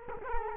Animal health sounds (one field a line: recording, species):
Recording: mosquito wingbeat signal from an infrared sensor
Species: Culex quinquefasciatus